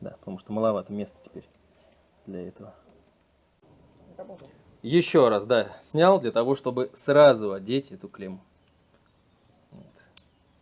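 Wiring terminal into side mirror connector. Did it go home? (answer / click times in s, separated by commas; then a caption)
yes / 10.2 s. Someone talks while the electrical terminal on a Subaru side mirror's wiring is pushed onto its connector before the mirror is snapped into the door, since there is too little space once it is in place. A sharp click at 10.2 s marks the terminal seating.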